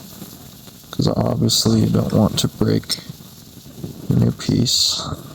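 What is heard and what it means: A new replacement check valve is pressed slowly and lightly with a socket extension into its bore in a Dewalt pressure washer pump head, so as not to break the new piece. Someone talks over faint handling noises. Nothing has seated or clicked yet.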